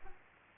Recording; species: mosquito wingbeat signal from an infrared sensor; Aedes albopictus